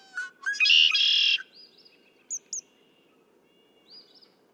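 Red-winged blackbird song: brief sharp introductory notes leading into a harsh, buzzy trill of under a second, then scattered high chips and a soft whistled note.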